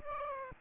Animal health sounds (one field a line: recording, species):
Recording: mosquito wingbeat signal from an infrared sensor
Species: Aedes aegypti